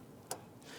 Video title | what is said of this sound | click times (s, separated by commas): How to Replace Fuel Pump Module Assembly 2013-2013 Kia Soul | Push it, you can hear it and feel it snap into place. | 0.3 s